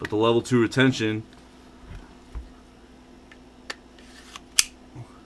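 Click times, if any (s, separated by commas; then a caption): 4.6 s. Someone talks briefly, then a pistol is pushed into a level II retention polymer holster with a few faint scrapes and taps. A sharp click at 4.6 s marks the retention latch locking onto the trigger guard, seating the pistol so no one can come up from behind and grab it.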